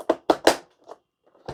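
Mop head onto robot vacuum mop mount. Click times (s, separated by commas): 0.3 s, 0.5 s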